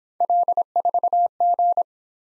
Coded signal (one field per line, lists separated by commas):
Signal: Morse code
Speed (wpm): 25 wpm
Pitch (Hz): 700 Hz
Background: none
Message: L4G